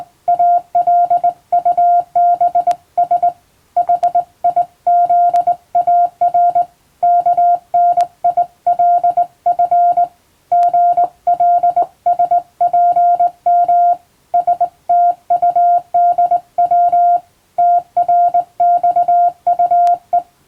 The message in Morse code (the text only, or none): ALUBS HIZAR KNILF GLSPM STUDW TRXUE